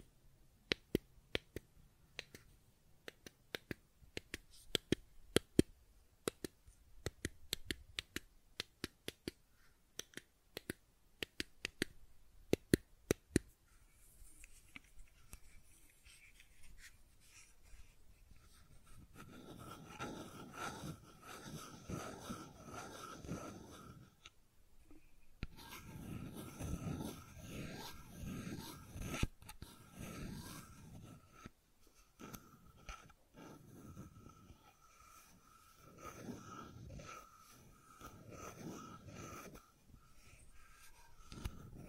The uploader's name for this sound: Fidget Cube Tapping and Clicking Sounds